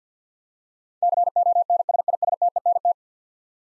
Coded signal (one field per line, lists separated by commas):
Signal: Morse code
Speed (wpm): 50 wpm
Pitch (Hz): 700 Hz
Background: none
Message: CONSISTENT